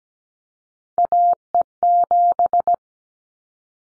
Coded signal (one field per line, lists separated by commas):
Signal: Morse code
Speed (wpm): 17 wpm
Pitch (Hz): 700 Hz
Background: none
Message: AE7